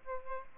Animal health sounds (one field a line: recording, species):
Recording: mosquito wingbeat signal from an infrared sensor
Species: Aedes albopictus